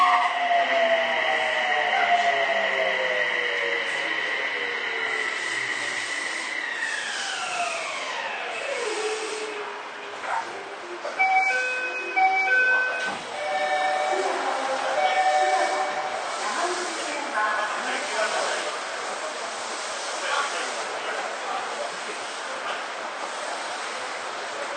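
A Toei 6300 series train runs with falling motor whine for the first ten seconds, then steady rumble with brief chimes and tones.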